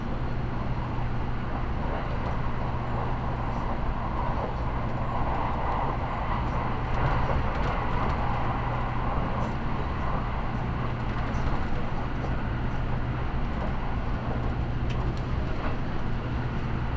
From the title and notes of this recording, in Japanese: 長崎本線 佐賀→鳥栖 特急みどり16号。車内は6割くらいの乗車率でした。